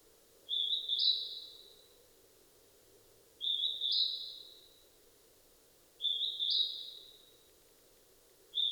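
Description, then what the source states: Northern hawk-cuckoo repeating piercing, rising two-part whistles about every two and a half seconds, each ending in a fading tail, with a steady low hum beneath. 15 May 2007 at 18:36.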